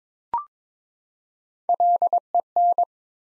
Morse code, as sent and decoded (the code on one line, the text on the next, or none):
.-.. . -.
LEN